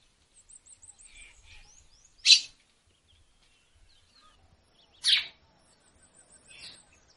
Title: Canto Galo Campina Fêmea. fêmea de galo - de - chamando muito para esquentar